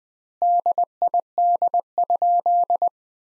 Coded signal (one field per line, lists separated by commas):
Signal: Morse code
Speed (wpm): 21 wpm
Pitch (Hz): 700 Hz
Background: none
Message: DID?